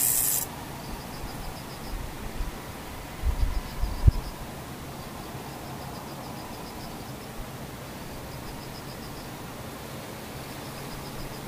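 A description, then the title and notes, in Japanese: A near-silent stretch with faint insects: short, high, pulsing chirps come back every couple of seconds through the whole clip. A brief hiss opens it, and a few low thumps and a sharp knock land around three to four seconds over a soft low hum. ほぼ無音 後半ムシ。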